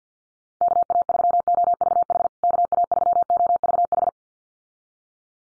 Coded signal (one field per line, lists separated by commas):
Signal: Morse code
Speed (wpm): 50 wpm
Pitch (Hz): 700 Hz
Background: none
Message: KA3OVH KA3OVH